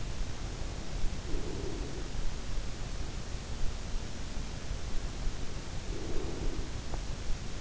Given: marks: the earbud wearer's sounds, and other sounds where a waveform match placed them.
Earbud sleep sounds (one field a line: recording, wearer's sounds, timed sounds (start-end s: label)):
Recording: sounds in sleep by an in-ear microphone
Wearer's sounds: breath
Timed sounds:
0.92-2.83 s: breath
5.45-7.61 s: breath